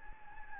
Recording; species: mosquito wingbeat signal from an infrared sensor; Anopheles gambiae